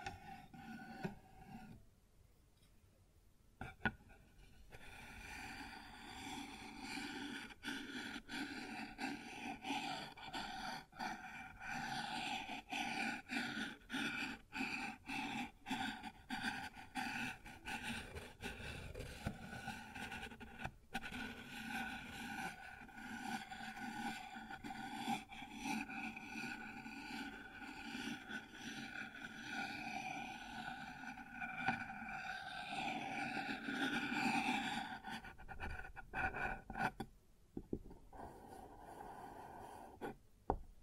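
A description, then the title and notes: Rubbing and scraping on a wooden surface runs steadily from about four seconds to thirty-six seconds, with a dense, raspy texture and a low droning hum beneath. Sharp knocks and clicks punctuate it throughout, and the start and end are quieter with scattered taps. ASMR Sounds on Wooden Surface (No Talking).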